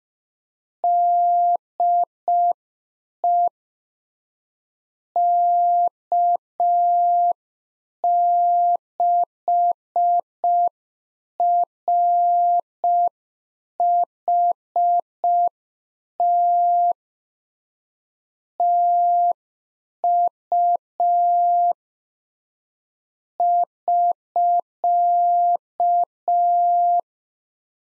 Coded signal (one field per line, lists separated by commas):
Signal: Morse code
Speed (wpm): 5 wpm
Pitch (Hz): 700 Hz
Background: none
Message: DE K6RHT TU <SK>